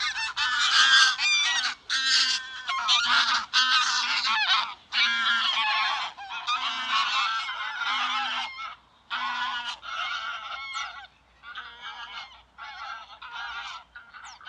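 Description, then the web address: Greylag goose giving loud, raucous honks in a rapid series of bursts, growing quieter toward the end. "صدای غاز وحشی خاکستری"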